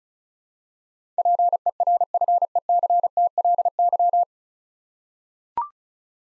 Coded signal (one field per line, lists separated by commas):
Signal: Morse code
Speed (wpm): 36 wpm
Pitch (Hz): 700 Hz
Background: none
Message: PERFECTLY